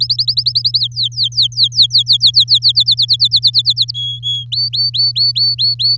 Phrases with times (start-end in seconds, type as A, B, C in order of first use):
0.00-0.80 A, 0.81-2.72 B, 2.75-3.91 C, 3.94-4.45 D, 4.52-5.97 E